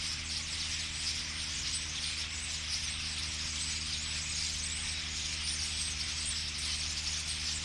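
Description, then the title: Common starlings chattering in a dense high chorus of squeaks and whistles, while a steady low engine-like hum drones underneath. Flock singing in a tree; cars in background; Boldixumstieg, Nieblum, Germany; Zoom H3-VR ambisonic recorder, binaural stereo rendering, edited in Audacity. "Boldixumstieg, 25938 Nieblum, Deutschland - Ein Vogelschwarm Stare. A flock of birds starlings"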